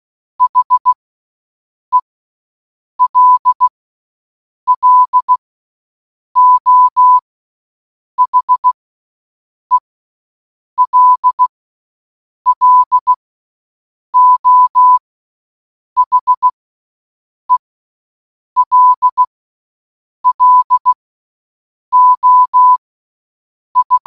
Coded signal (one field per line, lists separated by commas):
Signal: Morse code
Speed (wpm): 16 wpm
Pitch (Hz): 1000 Hz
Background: none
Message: HELLO HELLO HELLO I